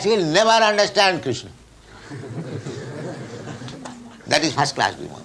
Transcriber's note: laughter